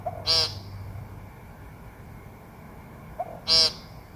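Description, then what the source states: Woodcock giving two harsh buzzy calls about three seconds apart, each preceded by a brief soft whoop. Recorded on a phone and normalized; a quiet whoop, possibly an in-drawn breath, comes just before every call.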